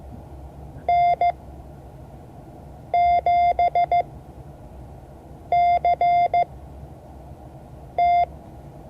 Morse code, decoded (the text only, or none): N7CT